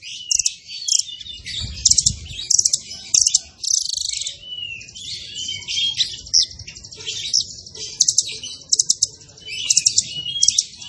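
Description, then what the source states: Zebra finch song, an unbroken stream of high chattering notes, sharp chips and brief buzzy trills with short whistled slurs. Masteran (training) recording of a zebra finch (burung tembakan) described as gacor (singing actively).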